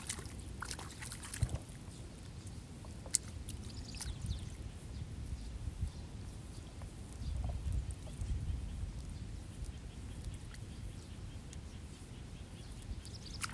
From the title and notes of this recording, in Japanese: 水苗代でイネの苗取り。昔ながらの方法で、田んぼに直接籾種をまいて育てる「水苗代」から、育った苗を１本１本抜いてワラでまとめて束にしていきます。